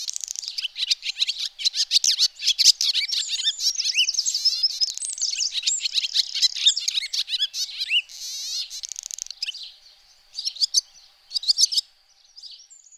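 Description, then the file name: Swallow song: a long, busy stream of squeaky twitters and gurgling slides, then a few spaced chirp bursts as it tapers off. "golondrina"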